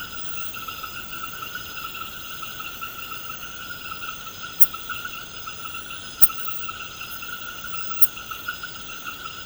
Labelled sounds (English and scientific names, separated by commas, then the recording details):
none
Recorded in pastures near Puerto Asís, Putumayo, Colombia, on 21 March 2025 at 23:30
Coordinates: 0.472, -76.329
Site G074